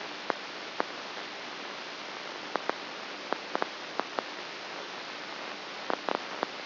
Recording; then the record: brain microelectrode recording played as sound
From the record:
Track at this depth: inside the subthalamic nucleus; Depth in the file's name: 1.84 mm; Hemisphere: right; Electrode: 2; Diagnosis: Parkinson's disease